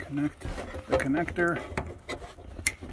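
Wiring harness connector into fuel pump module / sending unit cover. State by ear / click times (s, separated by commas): seated / 2.7 s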